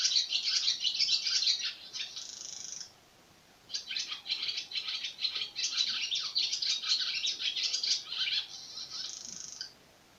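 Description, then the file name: Swallow giving rapid, high, scratchy twittering in long runs, broken by a brief silence before the chatter resumes. Recorded 26 April 2017. "hirondelle 26-04-17"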